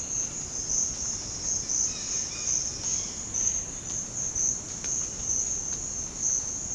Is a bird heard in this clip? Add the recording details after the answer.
yes. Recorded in secondary vegetation near Puerto Asís, Putumayo, Colombia, on 21 February 2024 at 07:00. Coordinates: 0.472, -76.331. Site G6371